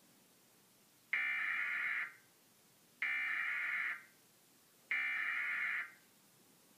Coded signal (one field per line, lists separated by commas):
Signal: Emergency Alert System (SAME) tones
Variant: header bursts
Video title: KCRG 9.1 Required Weekly Test #12 (EAS #341)